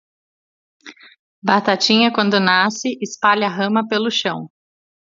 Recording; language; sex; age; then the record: short text; Brazilian Portuguese; female; 30 to 39 years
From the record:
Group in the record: control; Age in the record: 39 years